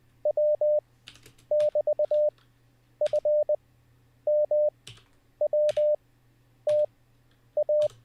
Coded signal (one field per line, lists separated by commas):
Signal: Morse code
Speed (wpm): 20 wpm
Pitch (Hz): 600 Hz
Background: none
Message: W<BT>FMWTA